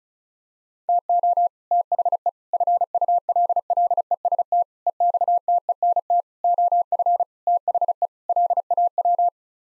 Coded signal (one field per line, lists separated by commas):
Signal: Morse code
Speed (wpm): 34 wpm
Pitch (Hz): 700 Hz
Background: none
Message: TO THE FULLEST EXTENT OF THE LAW